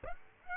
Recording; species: mosquito wingbeat signal from an infrared sensor; Aedes aegypti